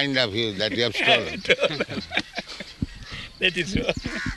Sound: laughter

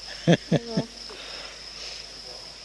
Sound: chuckles

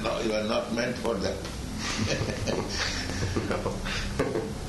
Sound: laughs

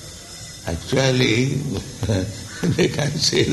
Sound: laughs

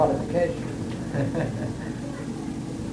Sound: laughs

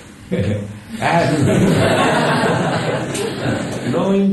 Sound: laughter

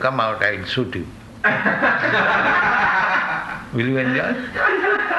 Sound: laughter

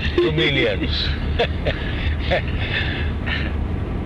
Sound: laughs

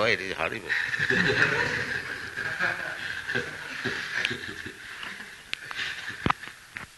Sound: laughter

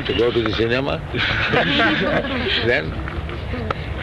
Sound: laughter

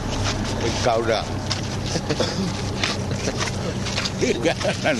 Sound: laughs

